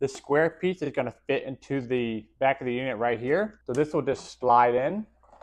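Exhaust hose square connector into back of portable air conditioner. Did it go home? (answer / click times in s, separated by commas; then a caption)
no / none. Someone talks while the square plastic end piece of an exhaust hose is lined up to slide into the back of a KoolSiln 14,000 BTU portable air conditioner. Nothing has seated or clicked yet.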